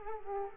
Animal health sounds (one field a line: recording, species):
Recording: mosquito wingbeat signal from an infrared sensor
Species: Culex quinquefasciatus